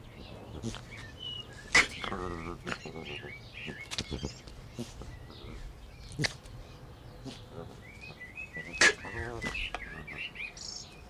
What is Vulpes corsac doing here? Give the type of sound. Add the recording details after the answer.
call. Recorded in captivity. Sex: male. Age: adult. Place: Zoo Halle, Sachsen-Anhalt, DE. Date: 1980-04-12 18:31. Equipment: Nagra SN, Kopie Uher 4200. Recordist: Tembrock, Günter